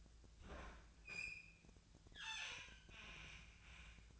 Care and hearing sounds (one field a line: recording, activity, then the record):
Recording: daily activity, microphone in the room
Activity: open fridge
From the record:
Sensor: 2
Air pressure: 1009.5 hPa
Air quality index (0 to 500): 186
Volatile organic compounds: 11 ppm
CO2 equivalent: 2319 ppm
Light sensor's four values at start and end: 25/61/26/29 and 25/60/26/28